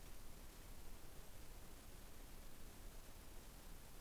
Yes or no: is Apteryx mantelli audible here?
no